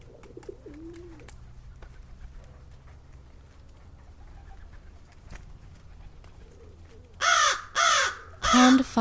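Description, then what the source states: American crow caws: three loud, harsh caws in the final two seconds, after a long stretch of quiet background with faint, scattered bird calls. American crow recorded close up with rural ambient sounds.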